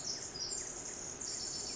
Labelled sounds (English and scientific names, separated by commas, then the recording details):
Pacific Wren (Troglodytes pacificus)
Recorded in Sonoma County, California